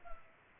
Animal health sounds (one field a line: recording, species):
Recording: mosquito wingbeat signal from an infrared sensor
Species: Culex pipiens